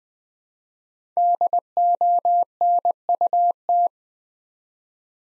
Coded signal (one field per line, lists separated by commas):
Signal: Morse code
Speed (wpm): 21 wpm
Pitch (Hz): 700 Hz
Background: none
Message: DONUT